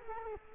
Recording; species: mosquito wingbeat signal from an infrared sensor; Culex quinquefasciatus